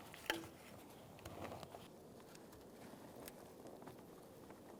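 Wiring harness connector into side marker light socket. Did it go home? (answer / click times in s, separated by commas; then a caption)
yes / 0.3 s. A wiring harness connector is lined up with a new side marker light on a 2000-2006 Toyota Tundra during a headlight assembly replacement and pushed into its socket, seating with a sharp click at 0.3 s. Faint handling noise follows, with a quieter tap at 3.3 s, over a low steady background.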